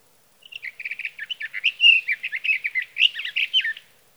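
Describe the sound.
Sage thrasher song beginning with rapid stuttered notes, then a fast, rambling warble of varied slurred phrases lasting over three seconds before stopping.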